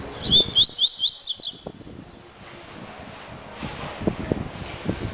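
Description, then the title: Double-collared seedeater song: a fast series of sweet, looping high whistles lasting about a second and a half, then low rustling and wind-like noise. "Canto Coleiro"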